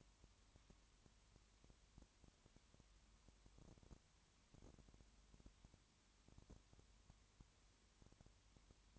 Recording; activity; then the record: daily activity, microphone in the room; no activity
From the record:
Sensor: 3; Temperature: 20.5 degrees Celsius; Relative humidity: 34.6%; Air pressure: 1001.1 hPa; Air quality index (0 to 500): 195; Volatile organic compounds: 6 ppm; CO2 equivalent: 1853 ppm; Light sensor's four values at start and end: 2/3/2/2 and 2/3/2/2